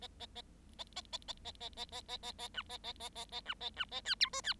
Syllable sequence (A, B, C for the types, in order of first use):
A A A A A A A A A A A B A A A A A B A B A C D E C